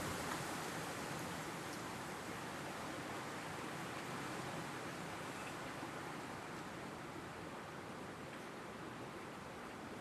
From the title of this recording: Rain in Spruce Forest, Fog, Swaying Branches in Wind